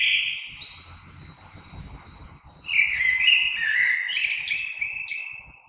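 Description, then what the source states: Common blackbird song: a mellow fluted phrase with high twittering notes runs into a longer, louder warbling phrase, over faint low background noise. Recorded 3 March 2020.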